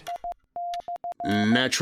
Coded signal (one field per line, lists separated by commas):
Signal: Morse code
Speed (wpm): 15 wpm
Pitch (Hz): 700 Hz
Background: speech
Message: I/